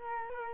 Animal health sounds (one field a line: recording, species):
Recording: mosquito wingbeat signal from an infrared sensor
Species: Culex quinquefasciatus